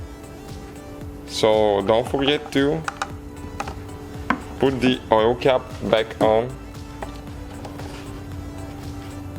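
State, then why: Not seated. A plastic oil filler cap for a 2002–2005 BMW 7 Series (745i / 745Li) is being handled for refitting onto the engine valve cover filler neck during an oil change. Someone talks, and brief handling knocks come through at about 3.0, 3.6 and 4.3 seconds. Nothing has seated or clicked yet.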